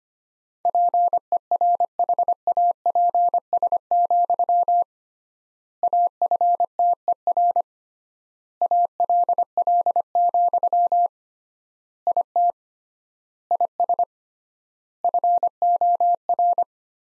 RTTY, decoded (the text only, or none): none